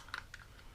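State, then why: Seated. The belt clip of a Vega T.A.C.S. universal holster is put inside a belt and its wings are pressed to clamp it down onto the belt. A sharp click at 0.1 s marks the clamp closing, followed by a couple of softer ticks. The clamp is shut and seated on the belt.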